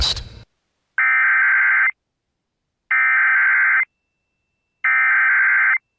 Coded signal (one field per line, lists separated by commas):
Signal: Emergency Alert System (SAME) tones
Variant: header bursts